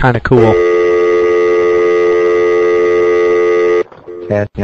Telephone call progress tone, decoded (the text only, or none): dial tone